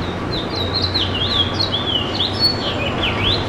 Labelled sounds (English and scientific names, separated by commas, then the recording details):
House Finch (Haemorhous mexicanus) song
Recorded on Long Island, New York, on 7 June 2012
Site GP
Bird A